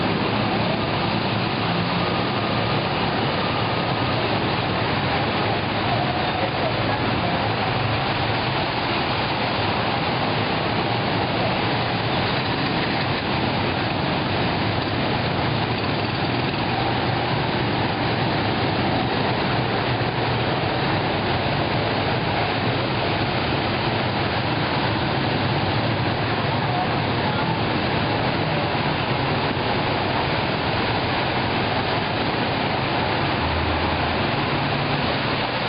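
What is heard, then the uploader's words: Heavy rain pours down steadily over a flooding street, a thick, unbroken hiss that holds the same level for the whole stretch. A low rumble runs underneath, like traffic moving through the water, with no distinct events standing out. Rain in Saigon. Streets floodin' here.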